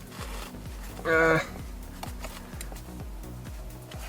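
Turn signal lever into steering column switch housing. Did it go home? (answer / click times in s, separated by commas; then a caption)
yes / 2.6 s. A turn signal switch lever on a Ford Fiesta Mk7 ST, set in neutral, is pushed down into the steering column switch housing. Someone talks while a steady low hum and a few faint taps play underneath. The lever clicks into place at 2.6 s, a little tight but fully seated.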